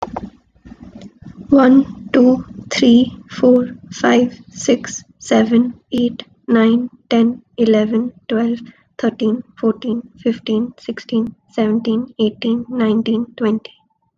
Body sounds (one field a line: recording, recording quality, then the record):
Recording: counting at a normal pace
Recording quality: excellent, no background noise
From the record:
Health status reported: COVID-19 positive, mild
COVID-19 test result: positive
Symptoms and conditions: fatigue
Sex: female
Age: 24 years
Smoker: not ticked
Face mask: not worn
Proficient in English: yes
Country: India